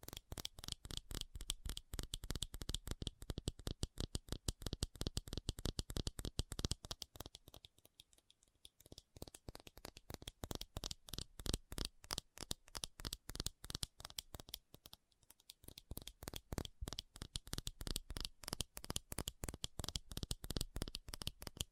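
Fast tapping runs throughout, a dense stream of sharp, crisp clicks that fire in quick, fairly regular bursts. The rhythm thins briefly around eight seconds and again near fifteen seconds before picking back up to its steady rapid pace.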